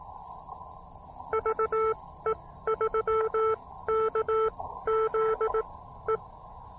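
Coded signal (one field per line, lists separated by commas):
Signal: Morse code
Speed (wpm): 18 wpm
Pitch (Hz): 440 Hz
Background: none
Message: VE3KZE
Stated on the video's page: One watt POTA CW activation, off-trail.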